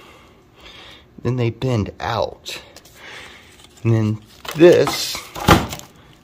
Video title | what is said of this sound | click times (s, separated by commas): Project X - DIY Home Paint Booth Build - Part 1; Design Plans, Materials & Equipment | simply fits and snaps right into it like that | 5.7 s, 5.8 s